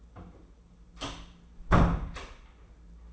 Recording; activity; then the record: daily activity, microphone in the room; close door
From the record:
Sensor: 1